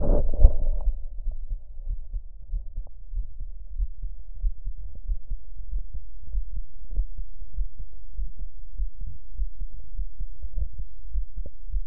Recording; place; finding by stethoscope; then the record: heart sounds by stethoscope; pulmonary valve (PV); normal heart sounds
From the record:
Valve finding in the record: normal valve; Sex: male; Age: 56 years